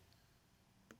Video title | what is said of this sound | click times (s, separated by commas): How to Replace Interior Lights (COMPLETE GUIDE) - Hyundai Santa Fe (2013-2018) | It's going to click in place there, right? | 0.1 s, 0.9 s